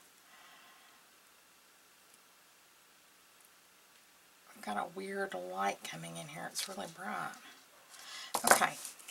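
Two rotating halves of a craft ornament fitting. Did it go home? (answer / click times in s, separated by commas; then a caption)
no / none. Two twist-together halves of a craft gingerbread house ornament fitting are handled and rotated back toward each other. After about four and a half quiet seconds of faint background hum, someone talks, with a few brief, sharp handling sounds near the end. The halves have not seated or clicked closed yet.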